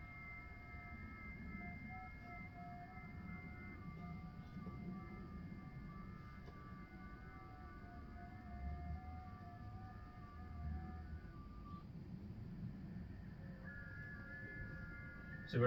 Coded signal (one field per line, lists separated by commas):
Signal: FT8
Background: speech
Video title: HAM RADIO PORTABLE STATION SET UP BACKYARD